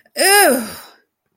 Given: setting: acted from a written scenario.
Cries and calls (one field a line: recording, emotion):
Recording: vocal sound without words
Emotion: disgust